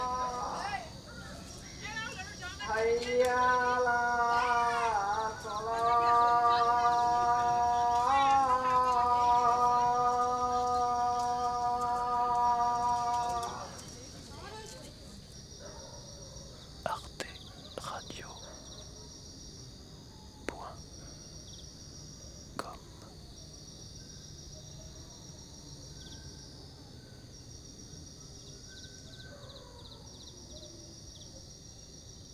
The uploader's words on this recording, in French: Une journée tranquille en Inde, à Calcutta. Enregistrements : mai 08.